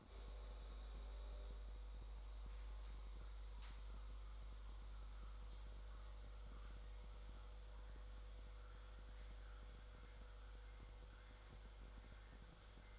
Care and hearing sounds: daily activity, microphone in the room; make coffee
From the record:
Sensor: 3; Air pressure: 1004.3 hPa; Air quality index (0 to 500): 198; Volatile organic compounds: 15 ppm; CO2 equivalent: 2485 ppm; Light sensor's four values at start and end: 5/13/4/5 and 5/13/5/5

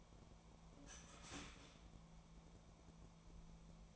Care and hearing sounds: daily activity, microphone in the room; start toaster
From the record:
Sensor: 1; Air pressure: 1000.3 hPa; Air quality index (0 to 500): 158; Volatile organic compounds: 3 ppm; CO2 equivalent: 1476 ppm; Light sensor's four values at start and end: 26/65/27/32 and 25/64/27/32

